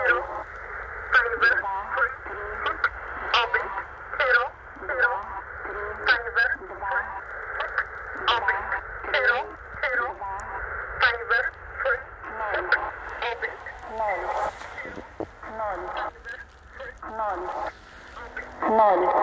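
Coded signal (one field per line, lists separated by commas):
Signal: numbers station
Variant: S06s and E11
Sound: short evenly spaced spoken words over shortwave noise, two voices possibly overlapping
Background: radio static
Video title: SW DX - 2 Numbers Stations received simultaneously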